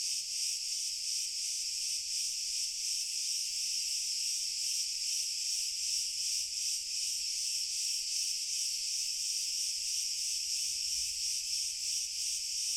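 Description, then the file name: Crickets trilling in a full steady chorus, a high buzzing shimmer with fast even pulsing and no breaks. Pure cricket chorus, slowly increasing in intensity. "Grillen Chor Pur Steigerung Langsam"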